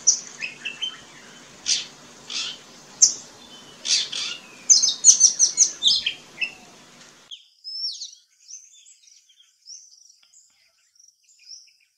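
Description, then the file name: Oriental magpie-robin song of varied whistled and chirping phrases over a low steady hum for about seven seconds, then quieter scattered notes as the hum stops. "Copsychus saularis"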